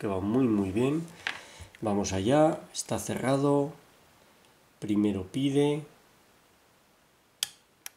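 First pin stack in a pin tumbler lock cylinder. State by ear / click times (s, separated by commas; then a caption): seated / 7.4 s. Someone talks, then, with tension applied to a five-pin tumbler lock, the first pin stack in the cylinder is lifted with a pick until it sets at the shear line. A sharp click is heard at 7.4 s, followed by a fainter tick at 7.9 s, and the first pin is seated.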